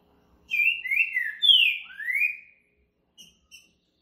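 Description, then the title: Green-winged saltator singing one clear whistled phrase of four slurred notes, followed by two short high chips after a pause. Caged bird's rare song style called curricutil boi boca mole, used to warm up and train a saltator for singing contests, with calling, singing and territorial male display. "TRINCA Piando, Cantando E Macheando Na DISPUTA. CANTO RARO!! TRINCA FERRO CURRICUTIL BOI BOCA MOLE!"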